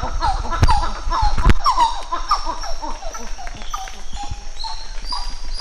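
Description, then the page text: Coppery titi monkey duet: rapid series of whooping calls from more than one animal, overlapping in a dense rhythmic chorus, with two sharp clicks. Duet recorded 11 July 2018 at 08:02. "Plecturocebus cupreus - ecoSound-web"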